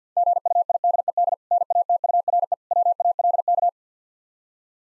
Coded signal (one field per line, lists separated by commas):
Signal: Morse code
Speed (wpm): 50 wpm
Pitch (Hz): 700 Hz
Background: none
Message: GUIDED NATURE WALK